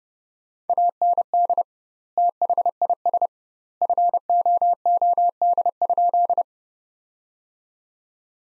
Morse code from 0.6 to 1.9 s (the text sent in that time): AND